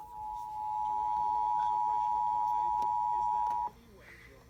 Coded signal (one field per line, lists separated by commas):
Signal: Emergency Alert System (SAME) tones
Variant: 853 and 960 Hz attention tone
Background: speech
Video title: Emergency alert system: nationwide tornado drill